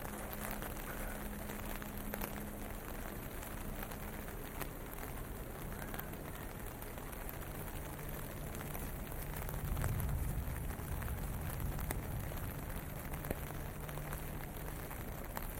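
Rain hisses steadily over a Tokyo street, a dense, even patter filling the whole clip. Low engine hum from passing vehicles runs underneath, with a faint tonal drone, and a traffic swell rises around ten seconds before settling back.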